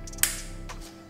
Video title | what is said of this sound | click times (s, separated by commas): HOW TO INSTALL A VRSF CHARGE PIPE - BMW 340i B58 | make sure you hear that audible click | 0.2 s